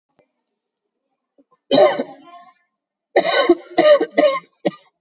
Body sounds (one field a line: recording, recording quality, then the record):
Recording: shallow voluntary cough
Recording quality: excellent, no background noise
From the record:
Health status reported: COVID-19 positive, mild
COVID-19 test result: positive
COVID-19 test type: RT-PCR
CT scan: taken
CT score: 4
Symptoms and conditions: cold, breathing difficulty, sore throat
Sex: female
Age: 64 years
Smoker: no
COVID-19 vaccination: one dose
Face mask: not worn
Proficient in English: yes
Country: India